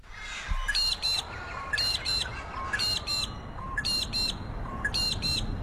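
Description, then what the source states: Magpie-lark calling: sharp, paired high notes repeated about once a second over low rumbling background noise. Played on radio.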